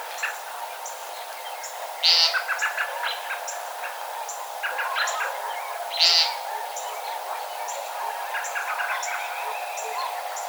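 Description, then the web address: Common nighthawk giving two harsh, nasal peent notes about four seconds apart, over fainter background sounds and a steady hum. Recorded 12 March 2007. "Common Nighthawk 2007 03 12"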